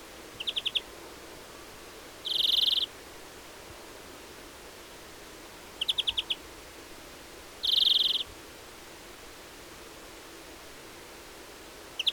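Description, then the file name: European greenfinch alternating rapid bursts of several chip notes with drawn-out buzzy wheezes, the pair repeated about every five to six seconds over soft background hiss. "Chloris chloris"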